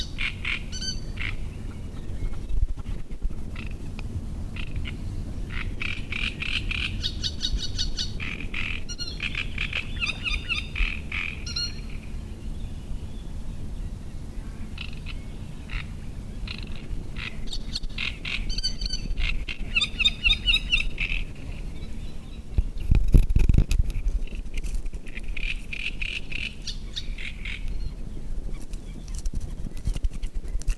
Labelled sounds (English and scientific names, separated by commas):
Great Reed Warbler (Acrocephalus arundinaceus)